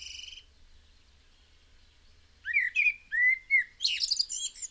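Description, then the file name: Blackbird singing one mellow, fluted warbling phrase after a short quiet spell, finishing with a burst of thin, scratchy high twittering. "Turdus merula"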